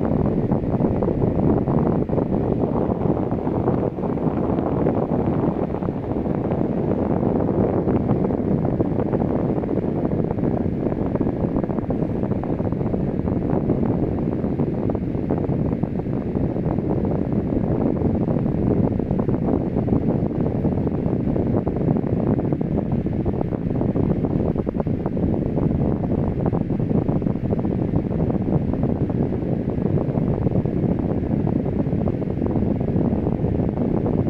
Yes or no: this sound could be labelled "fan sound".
yes